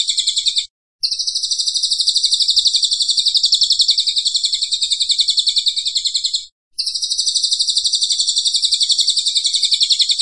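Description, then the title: Cililin song, rapid and buzzy, a high pulsing trill running for several seconds with only short gaps between runs; nothing else is heard. Vigorous 'gacor' singing style, used for training cage birds. "Cililin AMPUH. Suara Cililin Super Gacor"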